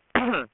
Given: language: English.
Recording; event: throat vibration sensor signal played as sound; cough